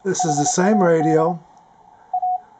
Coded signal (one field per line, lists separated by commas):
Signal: Morse code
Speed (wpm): 25 wpm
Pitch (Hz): 730 Hz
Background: speech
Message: HAD A